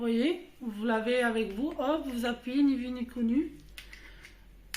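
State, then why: Seated. A detachable plastic Bluetooth remote is pushed back into its slot on a selfie stick handle. Someone talks, then a few small handling sounds follow before a sharp click at 4.7 seconds as the remote clips back into the handle.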